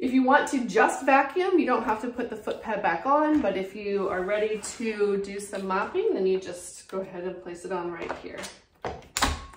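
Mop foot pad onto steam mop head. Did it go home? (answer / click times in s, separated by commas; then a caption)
yes / 9.2 s. Someone talks while a washable foot pad is placed onto the plastic mop head of a Bissell PowerFresh Vac & Steam vacuum-steam mop and pushed until it snaps on. A sharp snap is heard at 9.2 s as the foot pad seats onto the mop head.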